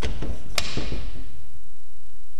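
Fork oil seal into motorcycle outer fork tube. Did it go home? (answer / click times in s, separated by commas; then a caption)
yes / 0.6 s. A seal driver is tapped to drive a fork oil seal into a motorcycle's outer fork tube, using some force but not a lot. Several dull taps and thuds are heard, and a sharp bottoming-out hit at 0.6 s shows the seal is seated. A ringing decay follows.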